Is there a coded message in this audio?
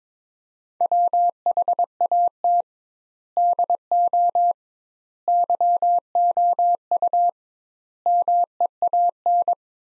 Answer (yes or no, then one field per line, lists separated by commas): yes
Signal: Morse code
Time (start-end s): 0.8-9.5 s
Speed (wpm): 22 wpm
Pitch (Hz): 700 Hz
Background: none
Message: WHAT DO YOU MEAN